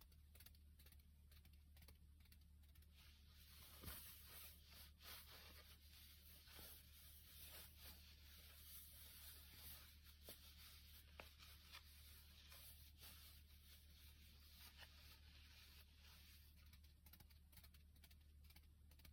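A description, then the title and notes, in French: Quick tapping and light scratching in soft irregular patters, with a steady low hum underneath and a sharper tap just before four seconds. ASMR taping principalement. ASMR tranquille no talking.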